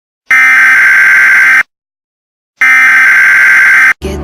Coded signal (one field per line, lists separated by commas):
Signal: Emergency Alert System (SAME) tones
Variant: header bursts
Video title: EAS Chitown flying objects